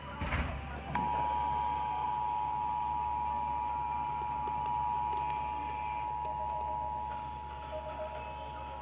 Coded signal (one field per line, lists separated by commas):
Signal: Emergency Alert System (SAME) tones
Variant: 853 and 960 Hz attention tone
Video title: Multiple Storms:Part 3|EAS 1282-1316|EAS Alerts from June 26th-27th 2024